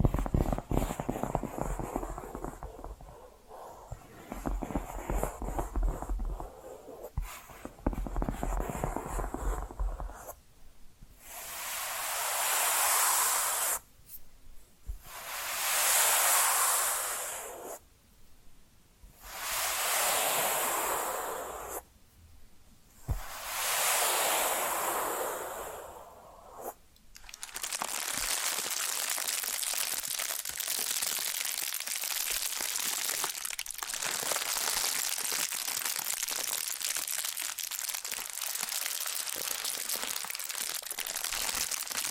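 Tapping and scratching sounds shift through several textures. The first ten seconds bring dense, low, rumbling scratches. From about 11 to 27 seconds, bright hissing strokes come in four or five swells separated by short pauses, and after that a steady, even scratching continues to the end.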